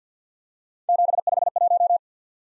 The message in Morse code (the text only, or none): 751